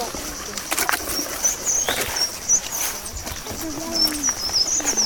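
Small birds chirp in the bush of the Chaco in thin, high-pitched bursts that recur throughout, while people run through the bush, over a steady rustling background with occasional soft pattering thuds.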